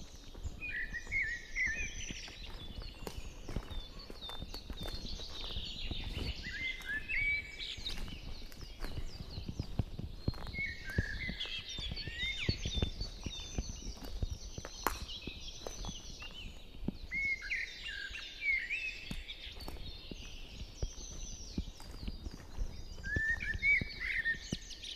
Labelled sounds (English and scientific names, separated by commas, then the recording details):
Common Blackbird (Turdus merula) song
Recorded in the wild
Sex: male
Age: adult
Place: Goriner Forst, Naturpark Barnim, Brandenburg, DE
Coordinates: 52.7036, 13.4906
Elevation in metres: 77
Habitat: deciderous forest
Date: 2014-04-27
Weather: cloudy, 10°C, windless
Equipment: Sound Devices 702, Sennheiser MKH 70, Rycote Windschutz
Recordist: Frommolt, Karl-Heinz